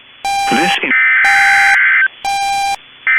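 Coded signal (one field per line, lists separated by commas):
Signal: Emergency Alert System (SAME) tones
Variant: header bursts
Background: speech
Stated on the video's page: Storm, flooding and AMBER Alert tones received on NOAA Weather Radio, compiled as a mini-timeline.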